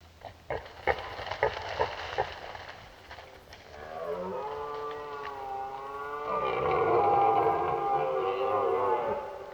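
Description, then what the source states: Red deer roar: several sharp knocks and clicks first, then a hoarse bellow that swells louder and holds to the end. During the rut, while driving the herd.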